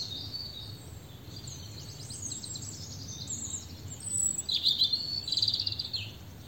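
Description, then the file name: European robin song: soft high twitters early, then a louder sparkling trilled phrase around five seconds, with low rumbling background noise. "Erithacus rubecula"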